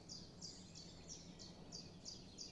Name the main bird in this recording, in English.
Common Chiffchaff